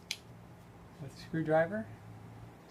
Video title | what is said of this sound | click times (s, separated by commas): NP249 Rebuild | now snapped into place | 0.1 s